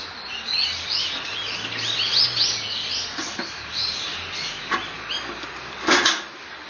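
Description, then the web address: Birds chirping: high twitters and tweets, with occasional sharp clicks or knocks and a faint low hum underneath. Recorded on 23 October 2013. "itoshikimono SOB TORINOKOE 20131023"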